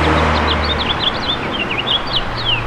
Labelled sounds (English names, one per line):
House Finch song